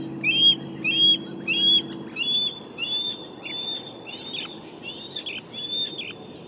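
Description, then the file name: Red-tailed hawk calls, a series of short slurred notes repeated steadily, fading slightly throughout, with a low steady hum in the first two seconds. "Red tailed Hawk Buteo jamaicensis"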